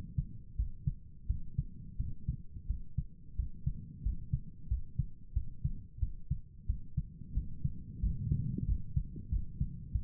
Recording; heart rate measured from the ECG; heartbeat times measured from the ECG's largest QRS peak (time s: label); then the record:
heart sounds by stethoscope; 90 bpm
0.56 s: heartbeat
1.27 s: heartbeat
1.97 s: heartbeat
2.67 s: heartbeat
3.36 s: heartbeat
4.02 s: heartbeat
4.68 s: heartbeat
5.33 s: heartbeat
5.99 s: heartbeat
6.66 s: heartbeat
7.33 s: heartbeat
8.00 s: heartbeat
8.65 s: heartbeat
9.29 s: heartbeat
9.92 s: heartbeat
From the record:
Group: healthy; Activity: rest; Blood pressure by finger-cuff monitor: 93/69 mmHg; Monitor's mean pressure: 76 mmHg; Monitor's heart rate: 89 bpm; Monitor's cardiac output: 7 L/min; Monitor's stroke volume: 80 mL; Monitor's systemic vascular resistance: 780 dyn s/cm5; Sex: male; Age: 19 years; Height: 178 cm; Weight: 83 kg